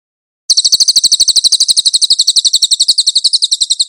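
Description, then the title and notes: Cililin song: a bright, fast, rattling trill of evenly spaced high notes, beginning after half a second of quiet and running on. Cililin song for cage-bird training. "SUARA BURUNG CILILIN. CICILIN"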